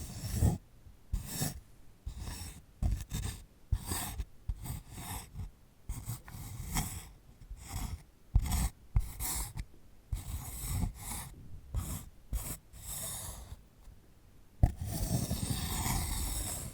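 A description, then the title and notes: Scratching and rubbing on a sunflower head, made in short, crackly bursts that come and go irregularly, some dry and bright, others low and rumbling. A sharp tap lands near 14.6 seconds, followed by a steadier, continuous rustle to the end. ASMR of a Sunflower Head (No Talking).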